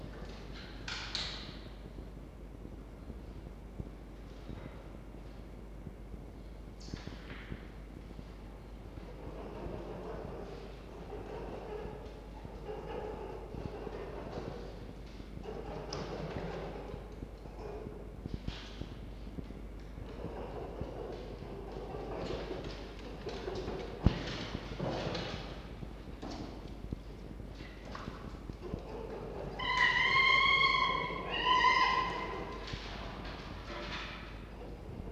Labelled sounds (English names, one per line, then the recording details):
Red Fox
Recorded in captivity
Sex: pair
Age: adult
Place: Zoologisches Institut der HUB, Berlin, DE
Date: 1952-04-30 19:20
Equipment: Elmetra
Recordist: Tembrock, Günter